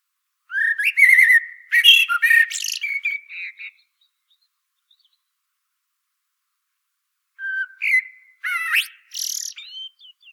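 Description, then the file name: Common blackbird singing two phrases several seconds apart, each a fluty, warbling whistle ending in a high, scratchy twittering flourish. "Turdus merula"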